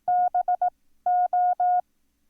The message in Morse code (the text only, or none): BO